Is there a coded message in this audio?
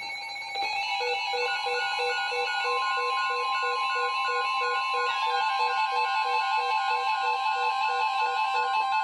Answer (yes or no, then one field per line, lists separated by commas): no